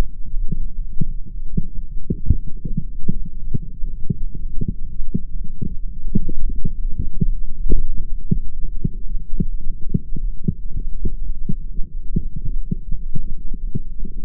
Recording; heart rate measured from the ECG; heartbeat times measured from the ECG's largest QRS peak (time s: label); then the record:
heart sounds by microphone in the right ear; 159 bpm
0.35 s: heartbeat
0.73 s: heartbeat
1.11 s: heartbeat
1.50 s: heartbeat
1.87 s: heartbeat
2.26 s: heartbeat
2.64 s: heartbeat
3.02 s: heartbeat
3.40 s: heartbeat
3.78 s: heartbeat
4.16 s: heartbeat
4.54 s: heartbeat
4.92 s: heartbeat
5.30 s: heartbeat
5.68 s: heartbeat
6.06 s: heartbeat
6.43 s: heartbeat
6.81 s: heartbeat
7.19 s: heartbeat
7.57 s: heartbeat
7.94 s: heartbeat
8.32 s: heartbeat
8.70 s: heartbeat
9.08 s: heartbeat
9.45 s: heartbeat
9.83 s: heartbeat
10.21 s: heartbeat
10.58 s: heartbeat
10.96 s: heartbeat
11.34 s: heartbeat
11.72 s: heartbeat
12.09 s: heartbeat
12.47 s: heartbeat
12.85 s: heartbeat
13.22 s: heartbeat
13.60 s: heartbeat
13.97 s: heartbeat
From the record:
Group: healthy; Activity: light exercise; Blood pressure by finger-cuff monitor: 103/84 mmHg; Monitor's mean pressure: 91 mmHg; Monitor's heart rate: 158 bpm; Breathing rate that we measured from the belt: 32 breaths a minute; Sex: female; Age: 19 years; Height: 163 cm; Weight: 51 kg